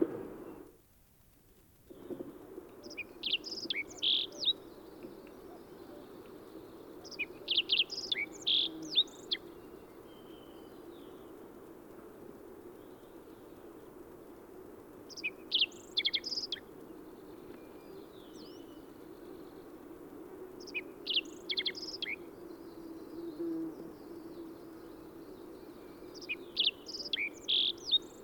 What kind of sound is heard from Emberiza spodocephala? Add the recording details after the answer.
song. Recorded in the wild. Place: Dzhalmyn, MN. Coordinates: 48.166, 107.736. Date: 1979-06-11 09:35. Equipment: Nagra III BH, Sennheiser MD 21, parabola. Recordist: Schubert, Michael